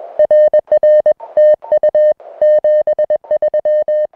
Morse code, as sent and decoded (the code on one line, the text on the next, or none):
.-. .-. / - ..- / --... ...--
RR TU 73